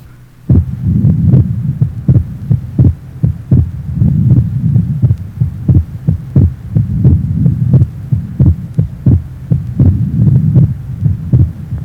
Age 23, normal splitting of second heart sound, pulmonary area.